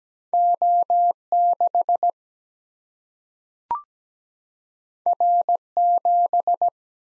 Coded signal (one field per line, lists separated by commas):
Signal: Morse code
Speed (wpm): 17 wpm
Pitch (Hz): 700 Hz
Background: none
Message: O 6 R 7